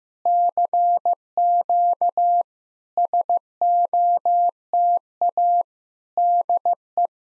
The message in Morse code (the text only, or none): CQ SOTA DE